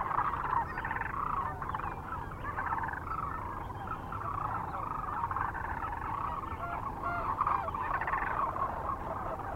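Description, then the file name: Sandhill Cranes calling as a dense flock, overlapping rolling, rattling bugles blending into a steady chorus with some louder bursts. Recorded near Kearney, Nebraska, on 9 March 2004. "2004-03-09 SACRandmore B Kearney NE"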